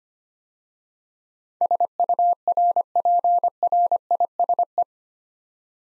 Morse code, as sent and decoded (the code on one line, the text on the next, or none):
... ..- .-. .--. .-. .. ... .
SURPRISE